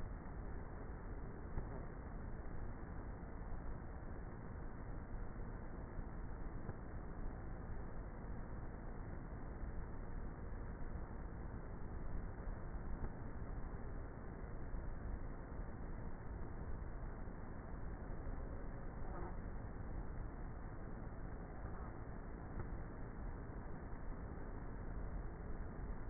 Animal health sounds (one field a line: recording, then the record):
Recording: honeybee colony, microphone inside the hive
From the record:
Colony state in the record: queenless with a low population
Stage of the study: before two queens were removed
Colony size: about 30,000 bees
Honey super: no